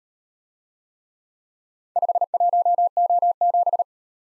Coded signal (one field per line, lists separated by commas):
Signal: Morse code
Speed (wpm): 38 wpm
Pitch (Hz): 700 Hz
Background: none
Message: 51O7